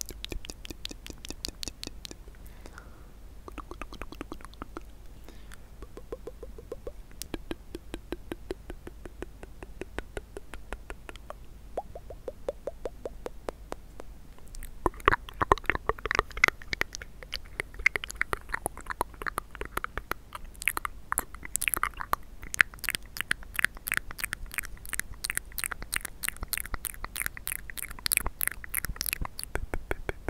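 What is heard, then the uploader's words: Mouth sounds: wet clicks, smacks and chewing-like crunches. The first half is softer and sparser, with scattered ticks and short pops. From about 15 seconds the sounds grow louder and denser, with rapid, bright clicking runs to the end. ASMR Mouth Sounds.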